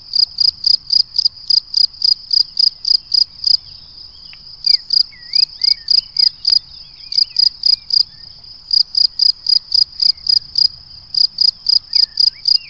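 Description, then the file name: Shrill cricket chirps repeated quickly in long runs broken by brief pauses. "Le chant du grillon"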